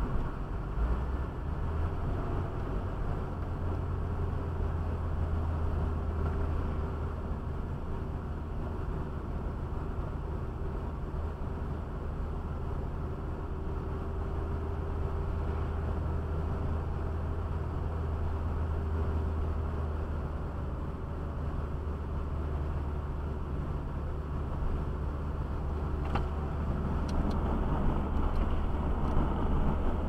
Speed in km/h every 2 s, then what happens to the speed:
74, 68, 63, 59, 58, 58, 58, 60, 62, 60, 58, 56, 56, 57, 57.
0-6 slows to 59. 6-30 steady at about 58.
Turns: none.